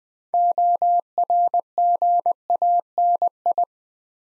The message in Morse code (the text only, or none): ORGANI